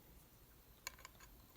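A new small fuel filter is pressed into the end of the 10 mm inlet fitting on a Honda Shadow 1100 carburetor. It pops into place with a sharp tick at 0.9 s, followed by a softer tick just after over a low background hiss. The filter is seated.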